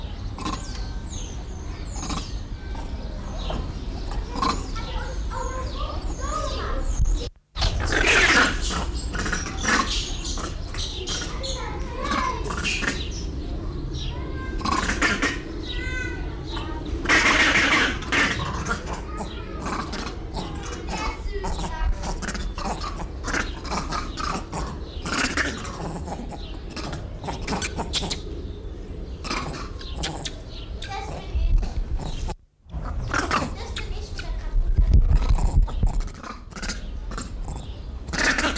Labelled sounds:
Grivet

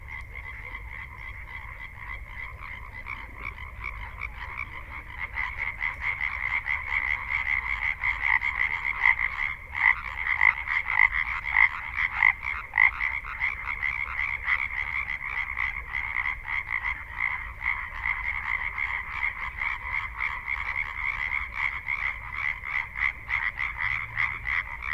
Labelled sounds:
Common Tree Frog call

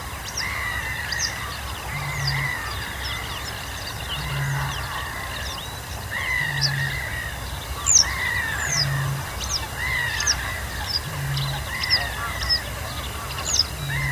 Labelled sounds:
Western Yellow Wagtail

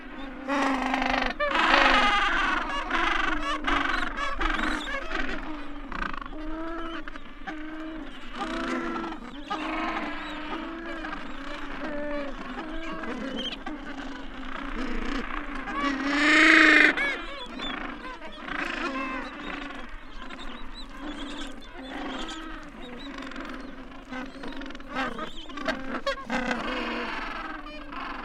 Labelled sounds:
Gentoo Penguin call

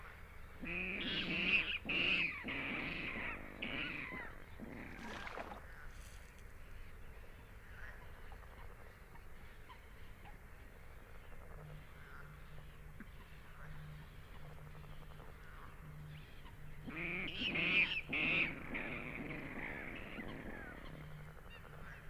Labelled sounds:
Water Rail

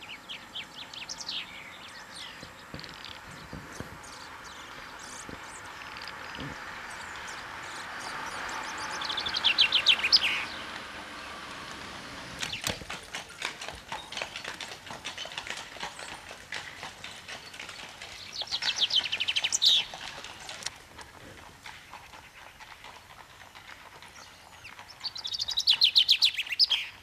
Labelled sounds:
Common Chaffinch song

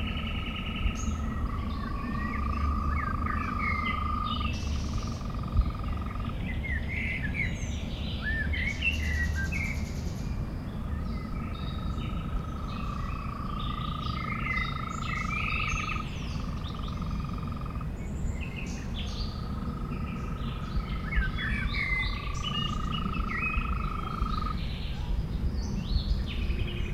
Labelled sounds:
Green Toad call

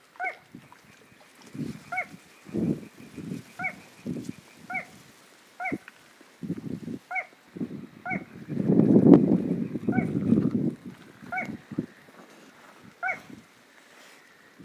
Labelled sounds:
Little Crake song

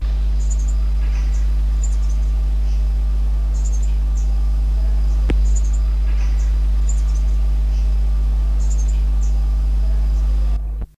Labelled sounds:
Pin-tailed Parrotfinch call

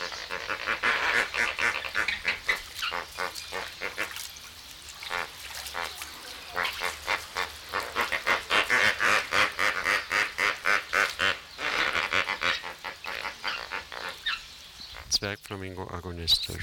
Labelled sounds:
James's Flamingo

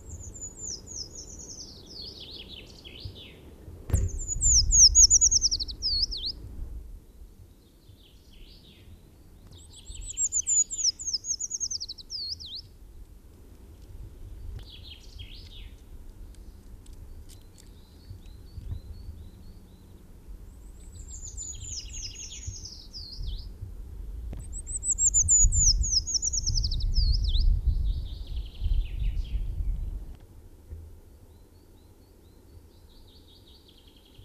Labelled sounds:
Eurasian Treecreeper song

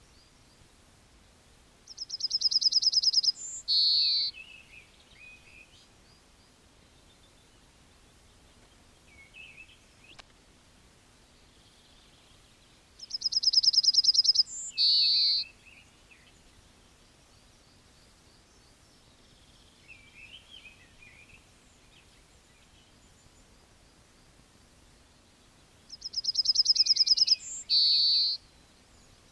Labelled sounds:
Yellowhammer song

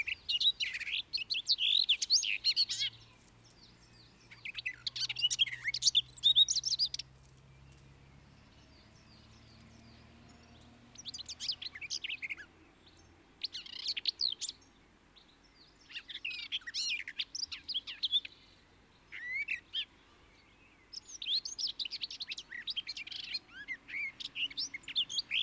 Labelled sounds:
Garden Warbler song

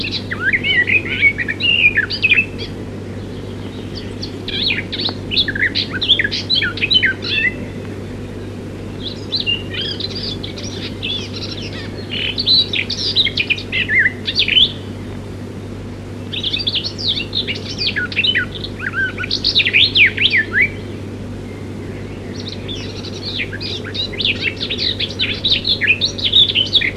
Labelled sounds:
Garden Warbler song

